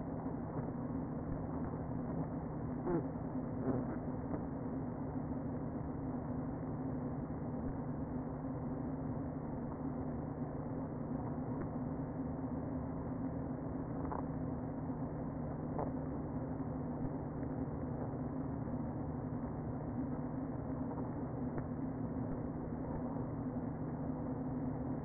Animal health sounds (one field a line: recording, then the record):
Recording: honeybee colony, microphone inside the hive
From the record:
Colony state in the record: queen present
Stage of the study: before two queens were removed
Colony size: about 60,000 bees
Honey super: yes